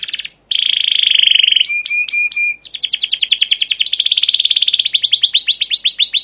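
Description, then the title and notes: Canary song: a steady buzzy trill, a few clipped notes, then a long series of rapid chirps. Long, energetic chirping song of a captive canary, used as a lure and tutor recording for training canaries. "CUIT CUIT NGEROL LANGSUNG GACOR PANJANG Kenari. Kenari GACOR PANJANG Cuit CUIT EMOSI. burung kenari"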